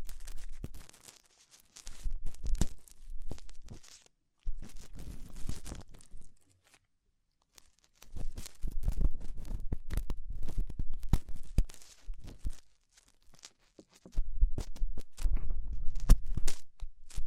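Ear-focused tingly sounds come in dense bursts of crinkling, tearing and crunching texture, each lasting one to four seconds. Short silent pauses separate the bursts, with quiet gaps near 1, 4, 7 and 13 seconds. Sharp clicks and pops are scattered throughout, and there is a low rumble underneath.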